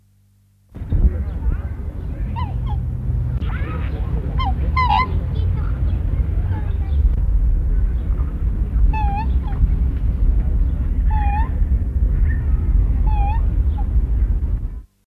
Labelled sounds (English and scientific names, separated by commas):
Black Swan (Cygnus atratus) call